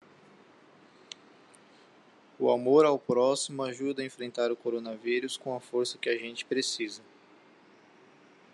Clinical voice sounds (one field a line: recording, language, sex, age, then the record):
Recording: spoken sentence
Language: Brazilian Portuguese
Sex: male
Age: 20 to 29 years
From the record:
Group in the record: control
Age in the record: 26 years